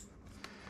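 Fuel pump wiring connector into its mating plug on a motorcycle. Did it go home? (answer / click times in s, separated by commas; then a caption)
yes / 0.4 s. A fuel pump electrical connector on a fuel-injected Sportster motorcycle is pushed into its mating plug under the tank area. One sharp, short click at 0.4 s stands out over a steady low hum, showing the connector has seated.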